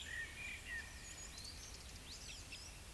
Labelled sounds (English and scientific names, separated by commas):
Eurasian Woodcock (Scolopax rusticola) whistle, Eurasian Woodcock (Scolopax rusticola) croak